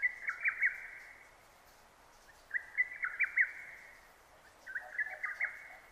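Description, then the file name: Lesser cuckoo: three bright, staccato whistled phrases, each a quick burst of several notes, roughly two seconds apart. Recorded 6 June 2009; Japanese name hototogisu. "hototogisu 20090606"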